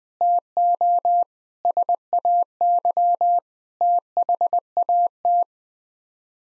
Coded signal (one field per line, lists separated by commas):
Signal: Morse code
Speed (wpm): 21 wpm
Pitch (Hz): 700 Hz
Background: none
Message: TO SAY THAT